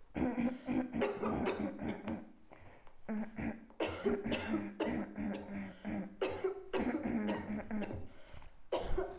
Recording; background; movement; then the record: throat clearing; a bystander coughing; sitting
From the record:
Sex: female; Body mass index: 36.4 kg/m2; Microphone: on the chest, facing outward